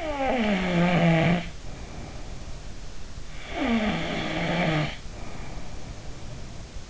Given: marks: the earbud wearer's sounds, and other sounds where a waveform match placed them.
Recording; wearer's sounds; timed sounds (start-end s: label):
sounds in sleep by an in-ear microphone; snoring breath
0.00-2.61 s: snoring breath
3.43-6.69 s: snoring breath